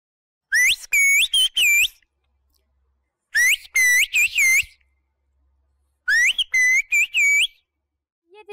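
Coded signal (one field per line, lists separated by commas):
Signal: whistled language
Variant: Turkish kuş dili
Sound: a loud whistled phrase of about five gliding notes, repeated three times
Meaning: Welcome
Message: Hoş geldiniz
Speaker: ıslık dilini bilen biri ise konuşup anlaşabiliyoruz. Hoş geldiniz diyeyim.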